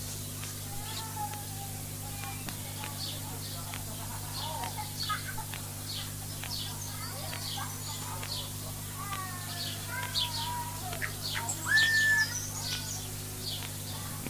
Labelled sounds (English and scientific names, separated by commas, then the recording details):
Red-winged Blackbird (Agelaius phoeniceus) call
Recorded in captivity
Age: adult
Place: Zoo Berlin, Berlin, DE
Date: 2007-06-09 16:03
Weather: sunny, ca. 30°C
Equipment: Sony WM-D6C, Sennheiser ME 80, Kopie Uher 4000 Report Monitor
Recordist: Tembrock, Günter